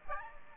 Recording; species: mosquito wingbeat signal from an infrared sensor; Aedes aegypti